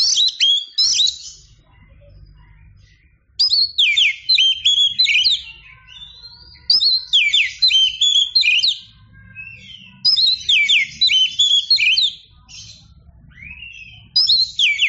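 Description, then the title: Oriental magpie-robin song in repeated loud bursts of quick, rich whistles and trills, each lasting a few seconds and separated by quieter gaps with faint low background hum. Champion songbird; chirping song. "Kicau Burung Kacer Juara"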